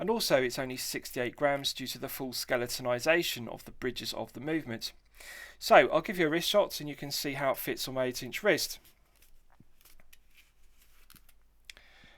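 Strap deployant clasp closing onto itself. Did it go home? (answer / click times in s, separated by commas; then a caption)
yes / 11.1 s, 11.7 s. Someone talks for about the first 9 seconds, then the two-button push-piece deployant clasp on the calf leather strap of a Zeroo Time Co. T1 The Archer Tourbillon watch is closed onto itself as the watch is put on an 8 inch wrist. Quiet handling follows, with sharp clicks at 11.1 s and 11.7 s as the right-hand and left-hand portions of the clasp snap shut with a positive click, seating the clasp.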